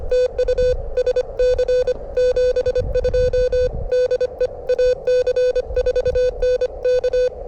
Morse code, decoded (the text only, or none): TU SC 72 DE AC4NK